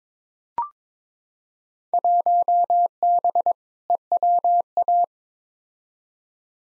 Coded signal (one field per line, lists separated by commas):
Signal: Morse code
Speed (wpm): 22 wpm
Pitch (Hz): 700 Hz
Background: none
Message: 1B EWA